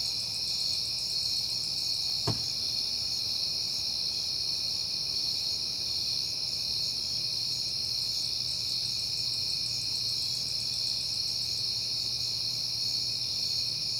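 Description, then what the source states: Crickets trilling constantly in a thick high-pitched chorus, with one sharp click early on and a low background rumble. Recorded on a peaceful night in September.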